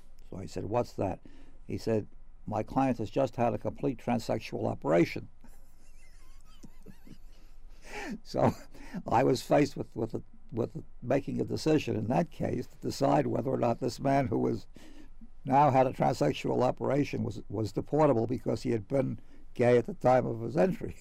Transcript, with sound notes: So I said, "What's that?" He said, "My client has just had a complete transsexual operation." [Laughs] So I was faced with — with making a decision in that case to decide whether or not this man who was — now had a transsexual operation was deportable because he had been gay at the time of his entry.